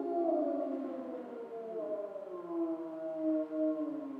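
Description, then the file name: Grey wolf chorus howling, several drawn-out wavering tones, some sliding slowly downward and crossing one another. Several wolves recorded in Schorfheide on 29 October 2015. "Wölfe und Kolkrabe Schorfheide 151029"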